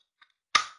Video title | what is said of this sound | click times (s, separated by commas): Respiratory Protection COVID19 | just like that you heard it snap | 0.6 s